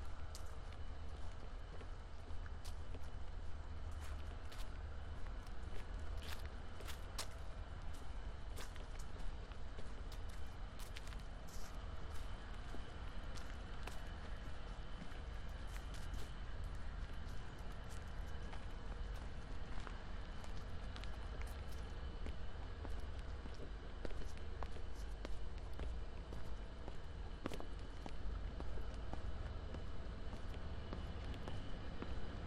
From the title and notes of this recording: Soundwalk: A walk through Marpole. The southern tip of Marpole is a gateway into the lower mainland and intersects important nodes of transportation by land, air and water.